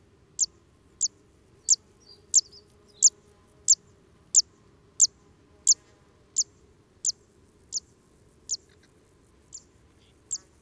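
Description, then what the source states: Bird song made of very high, short chirps repeated steadily about every two-thirds of a second, around fifteen notes, over a soft low background hum. Song of a juvenile male.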